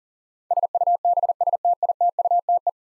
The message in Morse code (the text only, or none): SUBSTITUTE